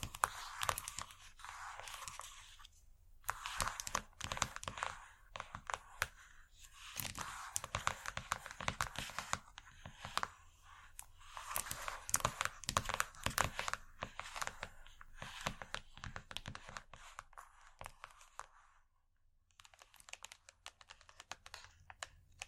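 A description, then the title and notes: Dense, scratchy tapping, with quick bright clicks and rasping strokes packed closely together. The bursts come in clusters with brief pauses, near 3 and 19 seconds, and a faint low hum runs underneath. Irresistible Scratchy-tapping. No Talking.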